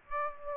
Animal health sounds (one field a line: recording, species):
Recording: mosquito wingbeat signal from an infrared sensor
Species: Aedes aegypti